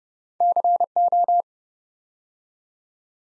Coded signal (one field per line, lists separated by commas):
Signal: Morse code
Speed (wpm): 30 wpm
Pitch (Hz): 700 Hz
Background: none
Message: CO